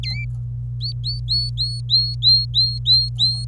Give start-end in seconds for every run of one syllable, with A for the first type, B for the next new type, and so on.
0.03-0.24 A, 0.81-3.45 B